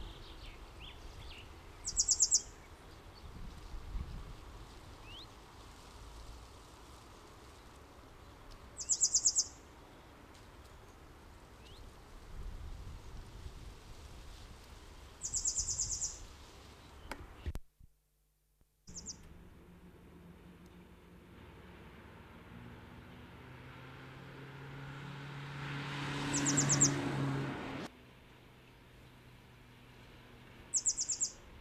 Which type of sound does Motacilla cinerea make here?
song